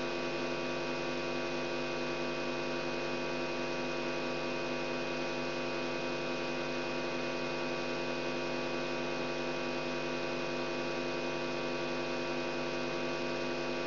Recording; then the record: brain microelectrode recording played as sound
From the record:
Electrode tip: outside the subthalamic nucleus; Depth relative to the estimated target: -6 mm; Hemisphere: right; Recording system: AlphaMap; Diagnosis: Parkinson's disease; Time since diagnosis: 17 years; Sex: female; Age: 63 years